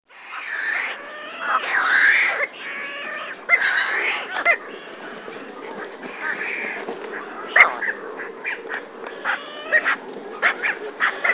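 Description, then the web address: Brown pelican wheezy calls, drawn-out squealing notes that rise and fall, followed by scattered short rasping notes. "Peterson North American Birds"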